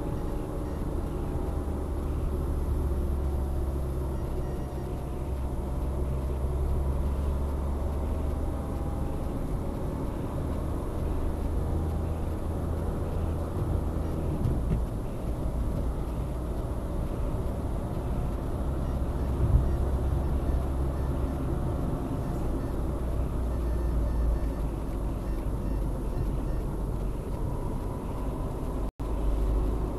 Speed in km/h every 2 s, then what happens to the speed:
60, 54, 52, 51, 57, 60, 62, 63, 64, 73, 69, 63, 54, 47, 50.
0-7 slows to 51. 7-17 speeds up to 73. 19-26 brakes to 47.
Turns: none.